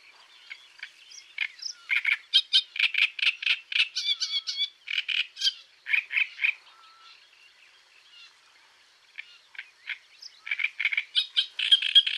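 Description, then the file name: Great reed warbler singing a long run of loud, grating karra-karra notes in rapid bursts, a quiet pause midway, then the harsh chattering resumes. "Rousserolle turdoide"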